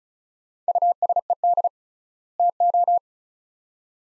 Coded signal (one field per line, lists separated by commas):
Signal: Morse code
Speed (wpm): 34 wpm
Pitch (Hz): 700 Hz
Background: none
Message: USED TO